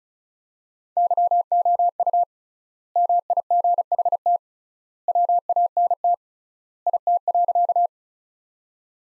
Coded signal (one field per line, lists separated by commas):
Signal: Morse code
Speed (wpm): 36 wpm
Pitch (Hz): 700 Hz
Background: none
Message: YOU MIGHT WANT IT.